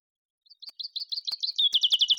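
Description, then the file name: Common chaffinch song: a run of bright chirps that speed up and grow louder. "Fringilla coelebs"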